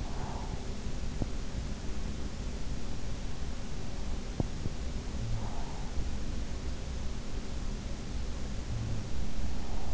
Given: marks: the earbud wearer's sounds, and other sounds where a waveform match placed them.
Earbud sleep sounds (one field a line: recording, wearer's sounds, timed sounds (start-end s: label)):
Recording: sounds in sleep by an in-ear microphone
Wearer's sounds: breath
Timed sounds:
0.00-1.03 s: breath